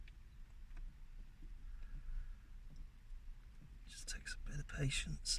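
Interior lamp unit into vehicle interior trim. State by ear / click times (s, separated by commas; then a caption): not seated / none. An interior lamp unit for a K11 is patiently manoeuvred and felt into position in the vehicle's interior trim before being pushed home, with faint small handling ticks near 0.1 and 0.8 seconds. Someone talks toward the end, and nothing has seated or clicked into place yet.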